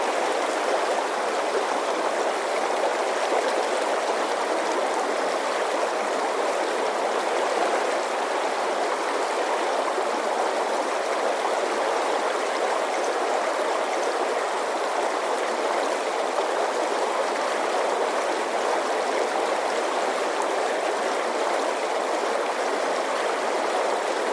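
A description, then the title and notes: Running water rushes steadily throughout, a dense, unbroken wash that sounds like a stream. The sound sits in the middle and upper range with almost no low rumble, and its level hardly changes across the whole clip. Calming Water Sounds.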